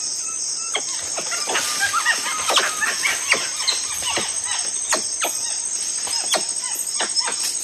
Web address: tufted capuchin